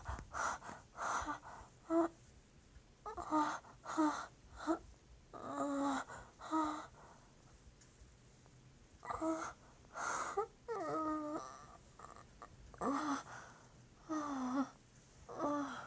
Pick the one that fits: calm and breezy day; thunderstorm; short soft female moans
short soft female moans